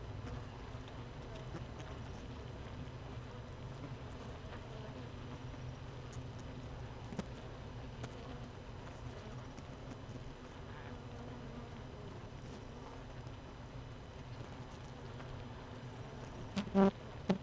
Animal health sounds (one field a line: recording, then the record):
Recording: honeybee colony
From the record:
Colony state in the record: missing queen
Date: 31 May 2018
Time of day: 15:51